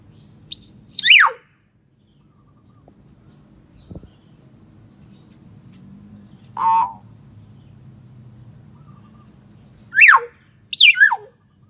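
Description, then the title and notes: Common hill myna giving loud whistles that swoop steeply downward, a short harsh buzzy note in between, and a later pair of falling whistles, with a faint low hum beneath. "Kicau Burung Beo"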